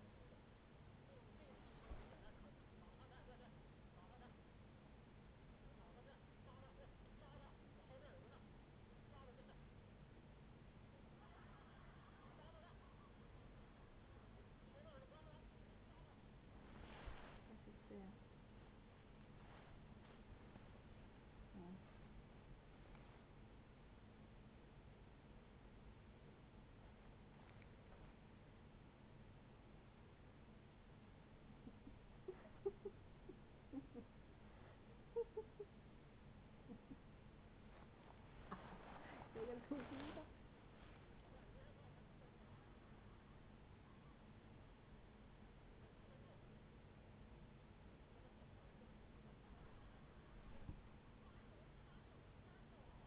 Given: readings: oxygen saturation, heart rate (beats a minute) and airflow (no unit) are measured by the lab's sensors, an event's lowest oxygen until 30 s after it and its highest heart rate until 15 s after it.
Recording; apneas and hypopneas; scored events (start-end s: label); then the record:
a person awake in a sleep study, by a voice recorder at the bedside; none
0.00-53.07 s: awake
0.00-53.07 s: awake
From the record:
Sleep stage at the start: awake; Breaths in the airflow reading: 15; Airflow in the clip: -0.7 to 0.6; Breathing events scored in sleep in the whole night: 496 in 5.4 hours asleep